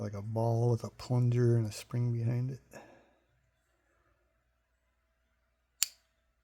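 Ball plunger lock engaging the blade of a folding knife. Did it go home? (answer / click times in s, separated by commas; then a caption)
yes / 5.8 s. Someone talks about a Spyderco Dodo folding knife, a Saint Nick's exclusive, and its spring-backed ball plunger lock, then falls quiet. At 5.8 s a single sharp click sounds as the blade is opened and the ball plunger snaps into place, locking the blade open.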